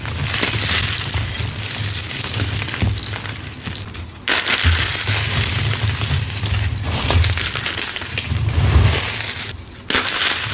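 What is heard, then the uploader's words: Chalk and cornstarch are crushed in a dense, continuous crunch full of bright crackling grit over a low rumbling undertone. Brief pauses near four and ten seconds break the grinding, which then resumes at full strength. Dyed Chalk Bombs Overload! Crushing dyed gym chalk blocks, carved chalk bombs, confetti explosion, glitter overload, cornstarch crunchies.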